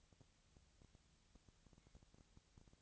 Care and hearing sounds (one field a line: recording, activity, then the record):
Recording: daily activity, microphone in the room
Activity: no activity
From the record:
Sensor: 3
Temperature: 20.6 degrees Celsius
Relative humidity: 35.7%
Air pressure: 998.8 hPa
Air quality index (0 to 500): 235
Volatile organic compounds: 71 ppm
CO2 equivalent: 3526 ppm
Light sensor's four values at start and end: 2/3/2/2 and 2/3/2/2